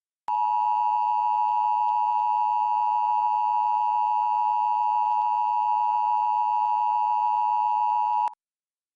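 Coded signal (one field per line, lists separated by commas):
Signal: Emergency Alert System (SAME) tones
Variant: 853 and 960 Hz attention tone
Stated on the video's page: Valid EAS tones in a fictional scenario about a fire in Asheville.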